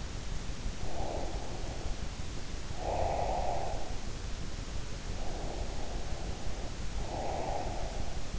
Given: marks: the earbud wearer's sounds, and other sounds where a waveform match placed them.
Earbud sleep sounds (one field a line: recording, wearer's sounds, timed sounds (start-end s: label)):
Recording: sounds in sleep by an in-ear microphone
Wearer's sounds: breath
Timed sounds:
0.80-4.04 s: breath
5.02-8.39 s: breath